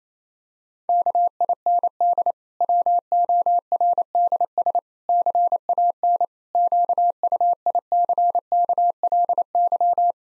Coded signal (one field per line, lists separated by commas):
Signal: Morse code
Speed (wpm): 28 wpm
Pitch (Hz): 700 Hz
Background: none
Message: KIND WORDS CAN QUICKLY